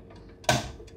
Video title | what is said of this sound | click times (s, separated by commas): i fixed my own computer for the first time | Oh, okay. There you go. It was supposed to click down, I think. | 0.5 s